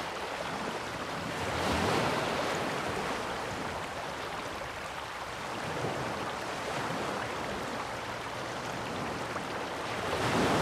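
Ocean waves wash steadily in a dense hiss, swelling louder near two seconds and again at the end, with light wind underneath.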